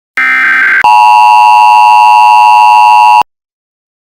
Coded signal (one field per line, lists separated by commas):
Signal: Emergency Alert System (SAME) tones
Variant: 853 and 960 Hz attention tone